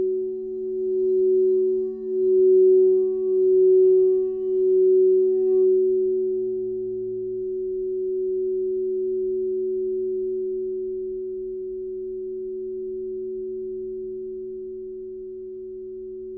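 A crystal singing bowl sustains one pure, steady tone with a softer lower hum beneath it. For the first six seconds the tone swells and pulses in slow, regular waves, faint higher overtones shimmering above, then it settles into an even, gradually fading ring.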